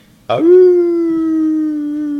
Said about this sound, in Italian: Ululò il lupo Cerino, tradotto dalla lingua dei lupi significava «Fermi! Lasciate stare il bambino!» e poi aggiunse «L'orco è morto e adesso sono io il vostro re!»